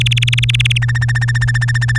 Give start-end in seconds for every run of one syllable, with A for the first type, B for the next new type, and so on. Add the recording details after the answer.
0.00-0.78 A, 0.82-1.98 B. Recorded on 3 May 2018 at 11:25. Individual llb3